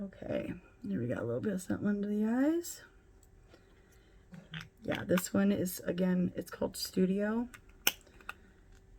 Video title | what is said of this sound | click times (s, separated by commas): I'm Back!!! GRWM Using All New Luxury Makeup!! | and I like cuz they have an extra little click so you know that they're actually really closed I love that | 7.9 s, 8.3 s